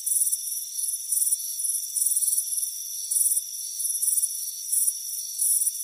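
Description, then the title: Crickets chirp in uneven bursts of shrill trills, some longer than others, over an unbroken high drone. Crickets chirping on a warm afternoon on a front porch. "Soothing Crickets Chirping Sound"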